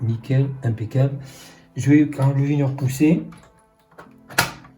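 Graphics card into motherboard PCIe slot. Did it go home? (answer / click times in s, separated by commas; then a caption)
yes / 4.4 s. A graphics card (an XFX RX 6700) is pushed down into the motherboard's PCIe slot, gently and not too hard, while someone talks. After some quieter handling noise, the slot's retention latch gives a sharp click at 4.4 s, and the card is locked in place on the motherboard.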